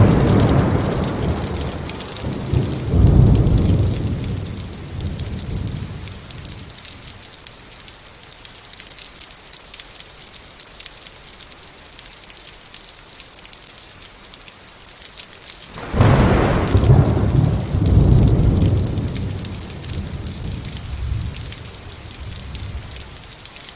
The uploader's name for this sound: Big Thunder & Rain Sounds I Storm White Noise